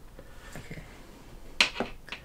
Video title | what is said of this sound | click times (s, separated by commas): Building a $539 New Gamer PC with Gavin!! | you'll hear them click into place takes quite a bit of pushing so | 1.6 s